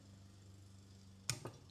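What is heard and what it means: A click-type torque wrench with a number eight socket and an extension, set to 80 inch-pounds, is pulled on a bolt over a steady low hum. It gives a sharp click at 1.3 s, followed by a softer tap near 1.5 s. The wrench has reached its 80 inch-pound setting.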